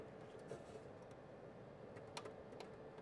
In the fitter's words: There's a gap on the right side. Is that not fully seated?